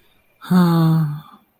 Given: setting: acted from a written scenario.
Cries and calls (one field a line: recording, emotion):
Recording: vocal sound without words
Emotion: sadness